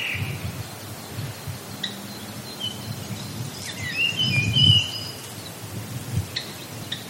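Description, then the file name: Japanese grosbeak with a few short fluting whistles, the clearest pair about two-thirds through, set against steady low rumbling noise. "ikaru"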